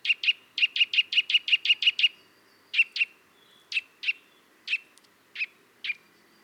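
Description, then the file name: Eurasian nuthatch gives a fast run of about ten sharp piping notes, then slows to spaced paired and single notes. "Sitta europaea"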